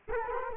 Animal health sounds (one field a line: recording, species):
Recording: mosquito wingbeat signal from an infrared sensor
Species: Culex quinquefasciatus